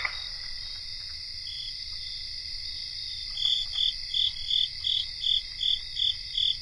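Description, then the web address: Crickets in chorus, a steady high trill throughout with a louder chirp pulsing about three times a second in the second half. Cricket chorus, North America. "Nature Songs N America Songs of Insects Cricket chorus"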